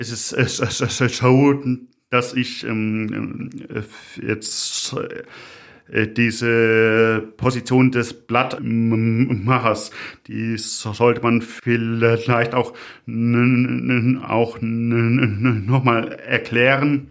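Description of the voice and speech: An adult man speaking German repeats a short word several times in a row, stretches sounds and fillers, and stalls in pauses of up to a second before words come out. He also doubles a later word. These repetitions, prolongations and blocks are typical of stuttering, which has been with him all his life and is stronger on this day than at other times.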